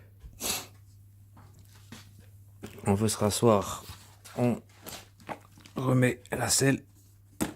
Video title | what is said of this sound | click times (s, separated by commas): Tuto dualped de chez maike | appuie hop ça s'enclenche la sécurité voyez c'est | 7.4 s